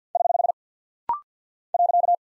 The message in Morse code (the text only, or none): <HH> .